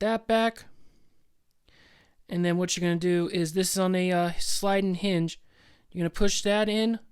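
A plastic sliding-hinge joint on a Transformers Rise of the Beasts Voyager Class Optimus Primal action figure is handled and pushed in during its transformation while someone talks. Nothing has seated or clicked yet.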